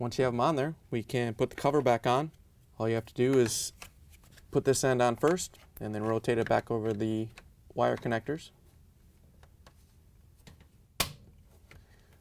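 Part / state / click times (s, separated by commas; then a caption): plastic connector cover on washer drain pump / seated / 11.0 s. A plastic connector cover is put back on a Samsung DC31-00054A washer drain pump, one end in first and then rotated over the wire connectors. Someone talks through most of the clip, followed by a few faint small taps. The cover snaps into place with a sharp, loud click at 11.0 s.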